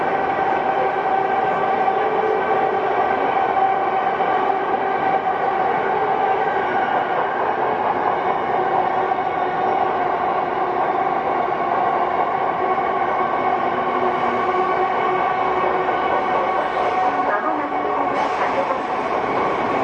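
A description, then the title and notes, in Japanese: A Tokyo Metro 05 series wide-door train runs along at a steady roar, its level tones humming evenly, with brief squeaks near the end. 東京メトロ05系（ワイドドア車） 中野〜西船橋。快速運用を録音しました。今回はICレコーダー（Panasonic PR–XS460）を使いました。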